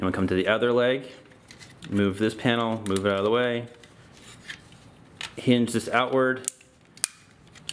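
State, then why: Seated. Someone talks while moving a plastic leg panel on a transforming robot figure out of the way and swinging it outward on its hinge, with light plastic handling clicks along the way. At 7.0 s a sharp, bright click is heard as the hinge locks into place on the outside of the leg.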